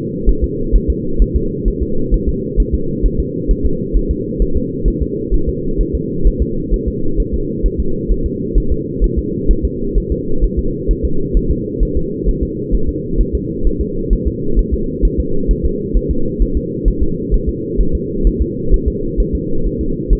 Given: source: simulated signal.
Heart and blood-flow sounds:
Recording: fetal heart sounds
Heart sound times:
0.29 s: S1
0.44 s: S2
0.76 s: S1
0.90 s: S2
1.22 s: S1
1.36 s: S2
1.68 s: S1
1.83 s: S2
2.14 s: S1
2.29 s: S2
2.60 s: S1
2.75 s: S2
3.06 s: S1
3.20 s: S2
3.51 s: S1
3.66 s: S2
3.97 s: S1
4.11 s: S2
4.42 s: S1
4.57 s: S2
4.88 s: S1
5.02 s: S2
5.34 s: S1
5.49 s: S2
5.81 s: S1
5.95 s: S2
6.27 s: S1
6.42 s: S2
6.74 s: S1
6.88 s: S2
7.20 s: S1
7.34 s: S2
7.66 s: S1
7.80 s: S2
8.12 s: S1
8.26 s: S2
8.58 s: S1
8.72 s: S2
9.04 s: S1
9.19 s: S2
9.51 s: S1
9.65 s: S2
9.98 s: S1
10.12 s: S2
10.44 s: S1
10.59 s: S2
10.91 s: S1
11.05 s: S2
11.37 s: S1
11.51 s: S2
11.83 s: S1
11.97 s: S2
12.29 s: S1
12.43 s: S2
12.75 s: S1
12.89 s: S2
13.21 s: S1
13.35 s: S2
13.67 s: S1
13.81 s: S2
14.13 s: S1
14.28 s: S2
14.59 s: S1
14.74 s: S2
15.05 s: S1
15.20 s: S2
15.51 s: S1
15.65 s: S2
15.97 s: S1
16.11 s: S2
16.42 s: S1
16.57 s: S2
16.88 s: S1
17.03 s: S2
17.34 s: S1
17.49 s: S2
17.81 s: S1
17.95 s: S2
18.27 s: S1
18.42 s: S2
18.74 s: S1
18.88 s: S2
19.20 s: S1
19.35 s: S2
19.67 s: S1
19.81 s: S2
20.13 s: S1
From the record:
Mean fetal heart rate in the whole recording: 130 bpm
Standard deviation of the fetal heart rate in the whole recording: 2 bpm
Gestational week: 36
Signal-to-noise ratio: -8.1 dB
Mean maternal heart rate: 72 bpm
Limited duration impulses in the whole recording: absent

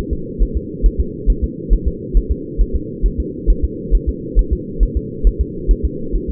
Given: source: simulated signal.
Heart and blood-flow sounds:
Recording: fetal heart sounds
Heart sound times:
0.13 s: S2
0.43 s: S1
0.57 s: S2
0.86 s: S1
1.00 s: S2
1.30 s: S1
1.44 s: S2
1.73 s: S1
1.88 s: S2
2.17 s: S1
2.31 s: S2
2.61 s: S1
2.76 s: S2
3.06 s: S1
3.20 s: S2
3.50 s: S1
3.65 s: S2
3.95 s: S1
4.09 s: S2
4.39 s: S1
4.53 s: S2
4.83 s: S1
4.97 s: S2
5.27 s: S1
5.41 s: S2
5.71 s: S1
5.85 s: S2
6.16 s: S1
6.30 s: S2
From the record:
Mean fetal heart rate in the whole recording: 135 bpm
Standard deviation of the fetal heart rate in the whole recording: 3 bpm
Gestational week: 36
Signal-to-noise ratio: -4.3 dB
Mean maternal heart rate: 72 bpm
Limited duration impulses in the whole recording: present

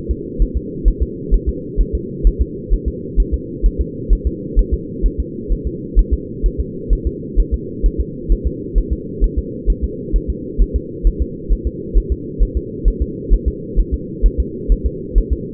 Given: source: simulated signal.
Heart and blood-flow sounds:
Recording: fetal heart sounds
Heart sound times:
0.11 s: S2
0.42 s: S1
0.57 s: S2
0.88 s: S1
1.03 s: S2
1.34 s: S1
1.49 s: S2
1.81 s: S1
1.95 s: S2
2.27 s: S1
2.42 s: S2
2.73 s: S1
2.88 s: S2
3.20 s: S1
3.34 s: S2
3.66 s: S1
3.81 s: S2
4.13 s: S1
4.27 s: S2
4.59 s: S1
4.74 s: S2
5.06 s: S1
5.20 s: S2
5.52 s: S1
5.67 s: S2
5.99 s: S1
6.14 s: S2
6.46 s: S1
6.60 s: S2
6.93 s: S1
7.07 s: S2
7.40 s: S1
7.54 s: S2
7.86 s: S1
8.00 s: S2
8.32 s: S1
8.47 s: S2
8.78 s: S1
8.93 s: S2
9.24 s: S1
9.38 s: S2
9.70 s: S1
9.84 s: S2
10.16 s: S1
10.30 s: S2
10.62 s: S1
10.76 s: S2
11.07 s: S1
11.22 s: S2
11.53 s: S1
11.67 s: S2
11.98 s: S1
12.12 s: S2
12.43 s: S1
12.57 s: S2
12.88 s: S1
13.02 s: S2
13.34 s: S1
13.48 s: S2
13.80 s: S1
13.94 s: S2
14.26 s: S1
14.40 s: S2
14.72 s: S1
14.86 s: S2
15.18 s: S1
15.33 s: S2
From the record:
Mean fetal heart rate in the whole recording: 130 bpm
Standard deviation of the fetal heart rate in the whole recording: 2 bpm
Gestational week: 36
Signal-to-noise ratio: -4.1 dB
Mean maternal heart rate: no maternal heart sound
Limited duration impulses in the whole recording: absent

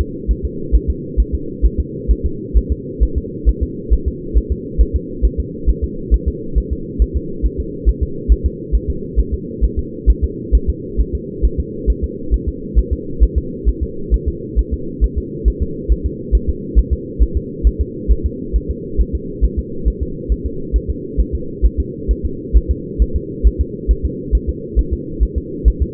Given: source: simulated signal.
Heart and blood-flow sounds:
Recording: fetal heart sounds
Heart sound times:
0.01 s: S2
0.31 s: S1
0.45 s: S2
0.75 s: S1
0.90 s: S2
1.20 s: S1
1.35 s: S2
1.66 s: S1
1.80 s: S2
2.11 s: S1
2.26 s: S2
2.57 s: S1
2.72 s: S2
3.03 s: S1
3.18 s: S2
3.49 s: S1
3.63 s: S2
3.93 s: S1
4.08 s: S2
4.37 s: S1
4.52 s: S2
4.81 s: S1
4.96 s: S2
5.25 s: S1
5.40 s: S2
5.69 s: S1
5.84 s: S2
6.14 s: S1
6.28 s: S2
6.58 s: S1
6.73 s: S2
7.02 s: S1
7.16 s: S2
7.46 s: S1
7.60 s: S2
7.89 s: S1
8.03 s: S2
8.32 s: S1
8.46 s: S2
8.75 s: S1
8.90 s: S2
9.19 s: S1
9.34 s: S2
9.64 s: S1
9.79 s: S2
10.10 s: S1
10.24 s: S2
10.55 s: S1
10.70 s: S2
11.00 s: S1
11.15 s: S2
11.45 s: S1
11.60 s: S2
11.90 s: S1
12.04 s: S2
12.34 s: S1
12.48 s: S2
12.78 s: S1
12.93 s: S2
13.23 s: S1
13.38 s: S2
13.69 s: S1
13.83 s: S2
14.14 s: S1
14.28 s: S2
14.59 s: S1
14.74 s: S2
15.04 s: S1
15.18 s: S2
15.48 s: S1
15.62 s: S2
15.92 s: S1
16.06 s: S2
16.35 s: S1
16.49 s: S2
16.78 s: S1
16.93 s: S2
17.22 s: S1
17.37 s: S2
17.67 s: S1
17.81 s: S2
18.12 s: S1
18.26 s: S2
18.56 s: S1
18.71 s: S2
19.00 s: S1
19.15 s: S2
19.44 s: S1
19.59 s: S2
19.88 s: S1
20.03 s: S2
20.32 s: S1
20.46 s: S2
20.76 s: S1
20.90 s: S2
21.20 s: S1
21.35 s: S2
21.66 s: S1
21.80 s: S2
22.11 s: S1
22.25 s: S2
22.56 s: S1
22.71 s: S2
23.02 s: S1
23.16 s: S2
23.47 s: S1
23.61 s: S2
23.91 s: S1
24.05 s: S2
24.35 s: S1
24.49 s: S2
24.79 s: S1
24.93 s: S2
25.23 s: S1
25.38 s: S2
25.68 s: S1
25.82 s: S2
From the record:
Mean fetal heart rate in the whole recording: 135 bpm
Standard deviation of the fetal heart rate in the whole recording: 3 bpm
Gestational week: 34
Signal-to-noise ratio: -4.3 dB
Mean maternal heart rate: 72 bpm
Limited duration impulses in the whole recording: absent

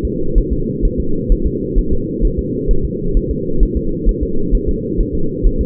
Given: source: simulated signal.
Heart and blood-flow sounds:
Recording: fetal heart sounds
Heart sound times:
0.05 s: S2
0.38 s: S1
0.52 s: S2
0.85 s: S1
1.00 s: S2
1.32 s: S1
1.46 s: S2
1.79 s: S1
1.93 s: S2
2.25 s: S1
2.39 s: S2
2.71 s: S1
2.85 s: S2
3.17 s: S1
3.31 s: S2
3.63 s: S1
3.77 s: S2
4.09 s: S1
4.23 s: S2
4.55 s: S1
4.69 s: S2
5.01 s: S1
5.15 s: S2
5.46 s: S1
5.61 s: S2
From the record:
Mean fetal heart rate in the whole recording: 130 bpm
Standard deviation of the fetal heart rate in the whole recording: 2 bpm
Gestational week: 38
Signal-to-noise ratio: -8.1 dB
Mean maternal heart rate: 72 bpm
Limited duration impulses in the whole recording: absent

